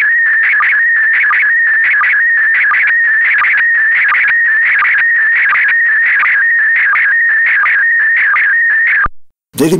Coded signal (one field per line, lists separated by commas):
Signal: SSTV (slow-scan television)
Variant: PD 90